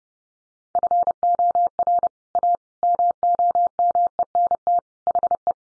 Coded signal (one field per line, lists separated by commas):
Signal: Morse code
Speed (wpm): 28 wpm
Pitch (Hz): 700 Hz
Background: none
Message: FOR A MOMENT HE